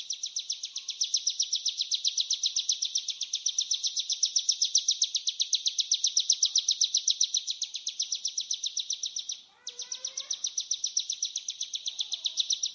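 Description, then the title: Ciblek gunung giving a sustained rapid buzzing trill, broken by a brief pause before resuming, with soft faint chirps beneath. "Suara ciblek gunung"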